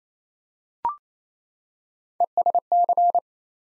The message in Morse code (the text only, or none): ESC